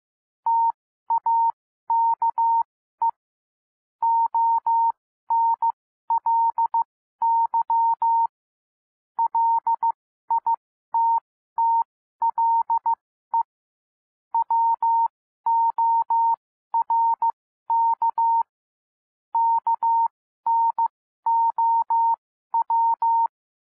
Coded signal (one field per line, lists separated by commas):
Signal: Morse code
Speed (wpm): 15 wpm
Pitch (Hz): 920 Hz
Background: none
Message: TAKE ONLY LITTLE WORK KNOW